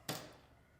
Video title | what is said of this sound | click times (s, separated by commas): Easy Wood Tools Chuck Bowl Turning | and then I would imagine the uh best part is oh do you hear that just snaps right into place | 0.1 s